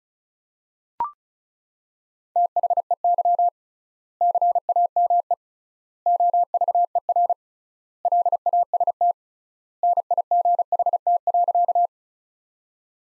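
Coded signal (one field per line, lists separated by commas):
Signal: Morse code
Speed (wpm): 36 wpm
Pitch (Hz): 700 Hz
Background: none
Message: THEY CAME OVER LAST NIGHT.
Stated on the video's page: Morse sentences from the top 300 words, sent at 35 wpm with 3x standard word spacing, as practice.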